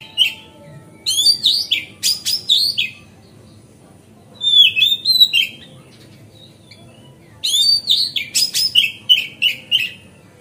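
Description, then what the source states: Oriental magpie-robin song in separate bursts of loud, varied whistles and sharp chirps, with pauses between them, over a faint low background hum. Kept as a masteran (song tutor) bird, recorded on a terrace.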